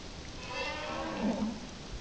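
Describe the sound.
Whale call, a faint wavering moan over heavy low water noise.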